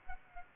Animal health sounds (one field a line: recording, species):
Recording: mosquito wingbeat signal from an infrared sensor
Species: Aedes aegypti